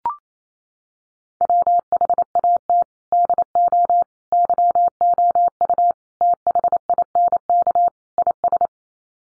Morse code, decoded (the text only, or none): WHAT DO YOU THINK IS